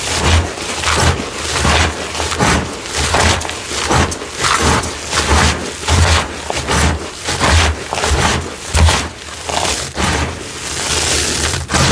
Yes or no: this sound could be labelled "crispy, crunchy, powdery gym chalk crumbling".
yes